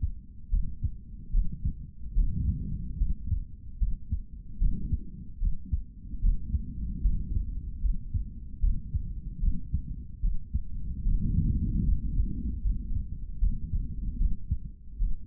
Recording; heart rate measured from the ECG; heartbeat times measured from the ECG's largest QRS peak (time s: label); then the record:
heart sounds by stethoscope; 75 bpm
0.50 s: heartbeat
1.31 s: heartbeat
2.14 s: heartbeat
2.98 s: heartbeat
3.79 s: heartbeat
4.59 s: heartbeat
5.39 s: heartbeat
6.21 s: heartbeat
7.02 s: heartbeat
7.81 s: heartbeat
8.60 s: heartbeat
9.40 s: heartbeat
10.22 s: heartbeat
11.03 s: heartbeat
11.85 s: heartbeat
12.62 s: heartbeat
13.39 s: heartbeat
14.18 s: heartbeat
14.98 s: heartbeat
From the record:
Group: healthy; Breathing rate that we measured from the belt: 14 breaths a minute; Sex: male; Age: 55 years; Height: 167 cm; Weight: 57.2 kg